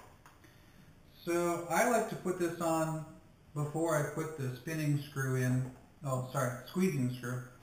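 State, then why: Not seated. A juicer's plastic strainer and bowl assembly is handled on the juicer base before the squeezing screw goes in, with a couple of faint ticks near 0.3 and 0.4 seconds while someone talks. The assembly has not yet seated or clicked into place.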